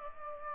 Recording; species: mosquito wingbeat signal from an infrared sensor; Aedes aegypti